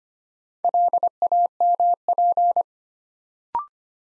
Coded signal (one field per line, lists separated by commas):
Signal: Morse code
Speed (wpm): 25 wpm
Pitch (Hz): 700 Hz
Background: none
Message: LAMP